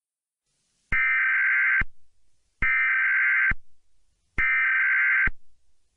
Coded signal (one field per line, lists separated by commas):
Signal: Emergency Alert System (SAME) tones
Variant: header bursts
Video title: EAS Scenario - Surreal Destruction -